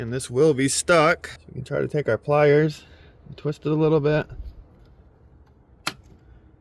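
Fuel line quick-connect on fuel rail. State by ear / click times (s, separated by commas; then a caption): released / 5.9 s. Someone talks as a stuck fuel line quick-connect on the fuel rail of a 2006–2010 VW Jetta, Golf or Rabbit is twisted with pliers. After a quiet stretch, a single sharp pop at 5.9 s is the connector breaking free and popping loose.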